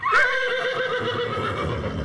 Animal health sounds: contact call of a hoofed animal; horse; whinny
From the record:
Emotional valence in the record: positive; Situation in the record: reunion with the whole group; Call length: 2.1 s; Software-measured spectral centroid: 2020 Hz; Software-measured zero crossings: 2230 a second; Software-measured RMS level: -24 dBFS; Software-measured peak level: -10 dBFS

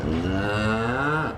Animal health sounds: contact call of a hoofed animal; cattle; low-frequency (closed-mouth) or high-frequency (open-mouth) call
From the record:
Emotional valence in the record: negative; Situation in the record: full separation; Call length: 1.37 s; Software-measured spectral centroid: 1510 Hz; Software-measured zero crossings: 1630 a second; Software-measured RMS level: -24 dBFS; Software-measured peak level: -12 dBFS

